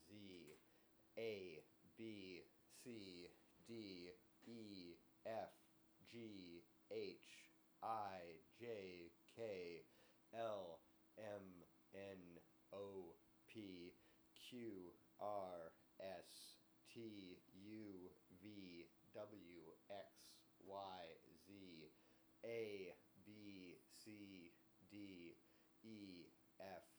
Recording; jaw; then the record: letters of the alphabet, spoken; free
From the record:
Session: seven days later